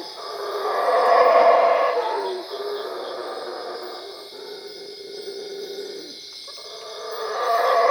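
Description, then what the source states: Howler monkey howl swells to a loud raspy roar near one second, drops to a low grumble, then rises again at the end, over continuous high droning. Recorded at Cuevas.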